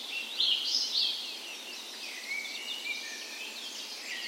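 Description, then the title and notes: Birds in a dawn chorus, a bright burst of high chirps at the start, then softer overlapping twittering songs continuing. Dawn chorus in a park west in Bergen, Norway, on the morning of 17 May, Norway's National Day, in spring; recorded on a Sony PCM A10 with LOM Usi microphones used as tree ears. "17th Of May Dawn Chorus. Recorded on the morning of Norways National Day the 17th of May in a park west in Bergen. Spring is in full effect, and the dawn chorus sounds wonderful!"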